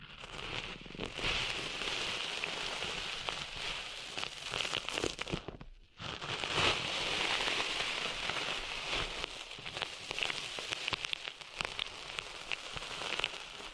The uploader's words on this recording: ASMR Cleaning Sand Out of Your Ears (No Talking).